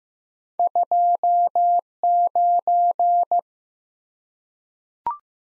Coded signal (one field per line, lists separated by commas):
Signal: Morse code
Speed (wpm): 15 wpm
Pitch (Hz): 700 Hz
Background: none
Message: 29